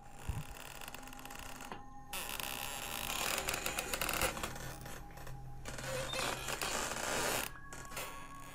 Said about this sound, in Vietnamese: Nhưng trong chốc lát, bỗng nhiên cánh cửa bị đẩy ra. Lúc này trái tim của Dương Húc Minh gần như đã dừng đập. Hắn trợn mắt lắng nghe cái âm thanh đẩy cửa.